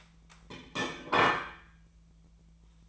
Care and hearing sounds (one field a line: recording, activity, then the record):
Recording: daily activity, microphone in the room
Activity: place plate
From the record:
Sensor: 1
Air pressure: 1009.5 hPa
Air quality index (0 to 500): 196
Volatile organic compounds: 20 ppm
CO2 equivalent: 2678 ppm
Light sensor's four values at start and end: 27/70/29/35 and 27/70/29/34